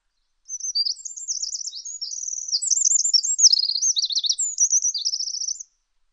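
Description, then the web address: Bird singing a rapid, high-pitched string of rolling trills and short warbles, varied and continuous for around five seconds, with no other sounds. "Deverinetal 2025 File origin Bird Only"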